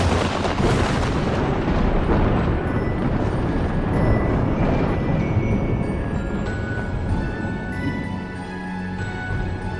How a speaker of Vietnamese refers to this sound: Luồng sét đánh đùng đùng, ghê rợn đến chói lòa cả mắt.